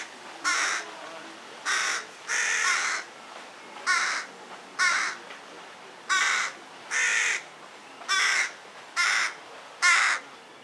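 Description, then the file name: Carrion crow cawing repeatedly, a series of hoarse, grating calls against low background noise. "Corvus corone"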